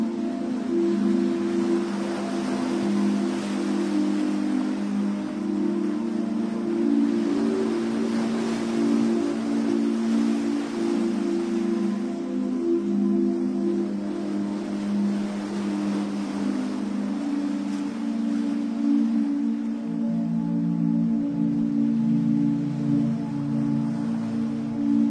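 Relaxing sleep music over the sound of sea waves. A low, steady drone of sustained tones holds throughout, shifting slowly in pitch after about twenty seconds, while a soft hiss of surf washes continuously behind it at an even level.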